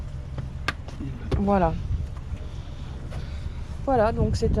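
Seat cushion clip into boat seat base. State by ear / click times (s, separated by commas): seated / 0.7 s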